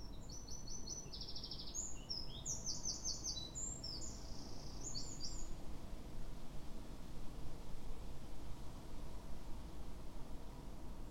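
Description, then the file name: Eurasian wren singing one fast, high-pitched outpouring of trills and rattling notes lasting about five seconds, then only a low, continuous rumble remains. "Troglodytes troglodytes"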